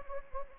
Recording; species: mosquito wingbeat signal from an infrared sensor; Anopheles gambiae